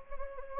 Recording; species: mosquito wingbeat signal from an infrared sensor; Anopheles gambiae